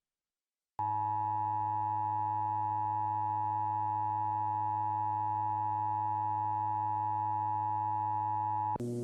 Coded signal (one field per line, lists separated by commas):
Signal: Emergency Alert System (SAME) tones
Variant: 853 and 960 Hz attention tone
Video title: EAS Scenario: Lava Can Hear You REMASTERD: Original Made By Matthew Cumpton